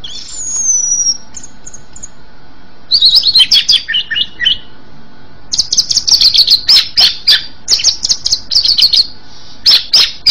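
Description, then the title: Oriental magpie-robin song: a long descending whistle, then bursts of rapid sharp chirps and trills, pausing and restarting in quick varied phrases. "Kacer"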